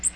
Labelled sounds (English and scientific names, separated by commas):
Magnolia Warbler (Setophaga magnolia) flight call